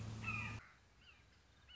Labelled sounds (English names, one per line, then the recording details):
Red-shouldered Hawk
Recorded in Sonoma County, California